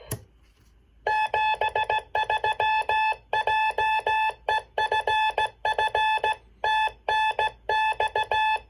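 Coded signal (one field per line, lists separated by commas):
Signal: Morse code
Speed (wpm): 16 wpm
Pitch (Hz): 870 Hz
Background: none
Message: 73 JEFF TNX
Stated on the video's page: 40-meter contact on a superhet transceiver with 455 kc ceramic filter, crystal-controlled one-watt transmitter on 7039.5 kc.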